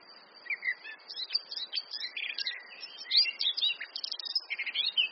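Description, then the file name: Eurasian blackcap warbling with quick, varied chirps and whistles over a steady background hiss. "Sylvia atricapilla"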